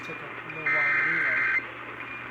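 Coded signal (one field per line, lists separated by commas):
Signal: Emergency Alert System (SAME) tones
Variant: header bursts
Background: speech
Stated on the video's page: Previously captured valid EAS tones.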